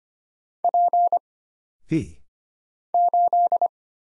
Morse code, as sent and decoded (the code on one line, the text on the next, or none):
.--. / ---..
P 8